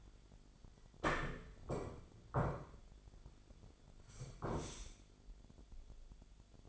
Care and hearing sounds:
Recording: daily activity, microphone in the room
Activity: sit down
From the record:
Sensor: 5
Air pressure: 1008.0 hPa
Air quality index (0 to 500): 153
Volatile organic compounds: 3 ppm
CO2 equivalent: 1475 ppm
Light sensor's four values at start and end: 57/161/62/62 and 57/161/62/62

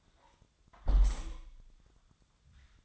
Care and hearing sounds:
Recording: daily activity, microphone in the room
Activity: close window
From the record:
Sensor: 3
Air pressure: 1004.6 hPa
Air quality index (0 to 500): 102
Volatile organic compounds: 4 ppm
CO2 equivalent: 1586 ppm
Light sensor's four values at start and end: 7/16/6/6 and 7/16/6/6

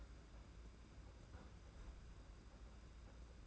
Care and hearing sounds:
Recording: daily activity, microphone in the room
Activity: close fridge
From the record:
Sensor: 2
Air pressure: 991.7 hPa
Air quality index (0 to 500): 221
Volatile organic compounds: 1000 ppm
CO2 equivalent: 7371 ppm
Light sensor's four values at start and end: 25/80/31/29 and 25/80/31/29

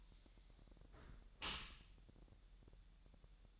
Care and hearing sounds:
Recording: daily activity, microphone in the room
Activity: close dishwasher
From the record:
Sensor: 3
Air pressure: 1000.6 hPa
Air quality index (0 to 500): 248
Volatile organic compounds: 174 ppm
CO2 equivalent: 4119 ppm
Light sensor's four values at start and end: 11/26/11/10 and 11/26/11/10

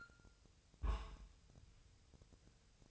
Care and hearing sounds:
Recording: daily activity, microphone in the room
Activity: place on stove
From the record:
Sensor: 2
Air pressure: 999.2 hPa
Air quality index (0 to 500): 195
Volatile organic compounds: 27 ppm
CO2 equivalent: 2882 ppm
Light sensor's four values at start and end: 6/15/6/6 and 6/15/6/6

